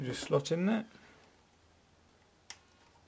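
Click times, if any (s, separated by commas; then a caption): 2.5 s. Someone talks briefly as a plastic power cable connector is pushed into a PC component's socket. After a quiet pause, a single sharp latch click sounds at 2.5 s, and the connector is seated.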